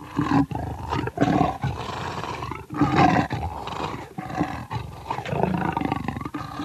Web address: leopard